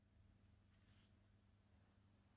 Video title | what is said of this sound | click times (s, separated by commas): How to test a torque wrench in the home shop #longshort #nm #torque #test #torquewrench | there you see it doesn't click so we have the weight at about to the correct place | none